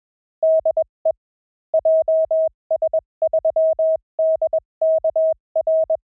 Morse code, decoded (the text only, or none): DE JS3DKR